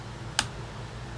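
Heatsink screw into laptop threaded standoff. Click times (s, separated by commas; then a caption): 0.4 s. A heatsink screw on a Samsung RF511 laptop, being refitted during a thermal paste replacement, is turned anti-clockwise into its threaded standoff until the thread start drops into place with a single sharp, bright click at 0.4 s, over a steady low hum. The screw is then turned clockwise, and the thread is seated.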